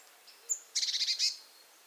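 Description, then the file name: Eurasian blue tit calling: a faint high note, then a thin bright note, followed by a quick churring burst of high, buzzy pulses. "Cyanistes caeruleus"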